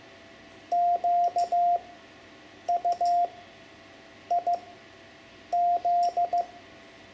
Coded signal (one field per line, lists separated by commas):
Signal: Morse code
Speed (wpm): 14 wpm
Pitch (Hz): 700 Hz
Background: none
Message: QUIZ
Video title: Learning CW for Ham Radio (Lesson 9) Morse Code numbers 5-9, Amateur Radio